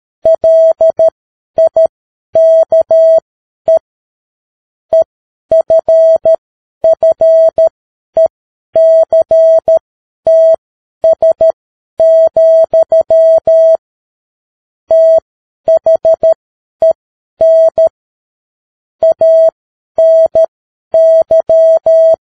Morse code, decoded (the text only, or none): LIKE EFFECTS, THEN ANY